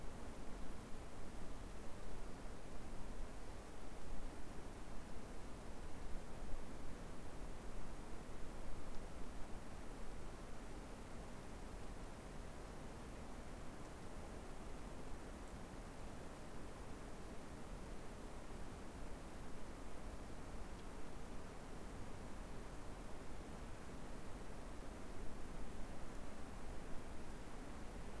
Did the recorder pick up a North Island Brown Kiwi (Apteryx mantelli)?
no